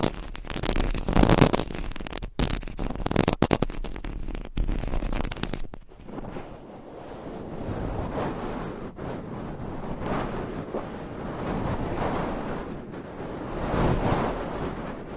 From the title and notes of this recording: ASMR Mic Scratching - Brain Scratching 40 Different Mic Setups - Asmr No Talking.